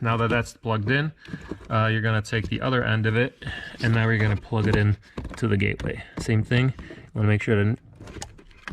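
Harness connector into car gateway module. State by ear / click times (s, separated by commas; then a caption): not seated / none. A harness connector is being handled to plug its other end into the gateway module of an Audi A4 during an installation. Someone talks throughout, and a few faint short handling sounds come near the end. The clip ends before the part goes home, so nothing has seated or clicked yet.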